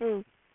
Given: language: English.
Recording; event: throat vibration sensor signal played as sound; speech